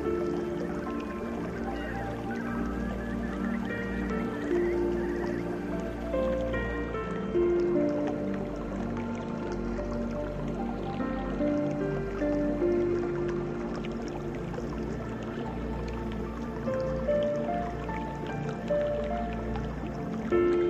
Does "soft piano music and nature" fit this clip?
yes